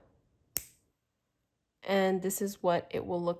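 A metal jump ring joining an earring loop and a pearl cross pendant is closed with pliers, giving a sharp, short click at 0.6 s that seats the ring. After a brief silence, someone talks.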